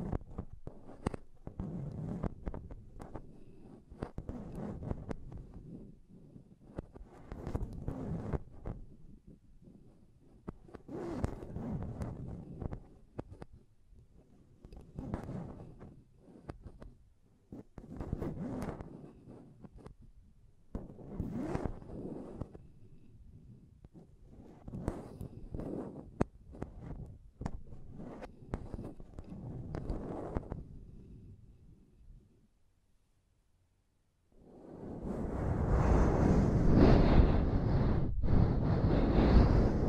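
Mic tapping and scratching comes in quick irregular bursts for about 32 seconds, then near silence, then a loud dense rushing scrape to the end.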